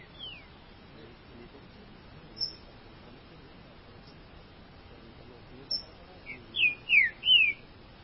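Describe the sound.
Green-winged saltator song near the end: a few soft lead-in notes, then three strong whistles, mostly descending, in quick succession.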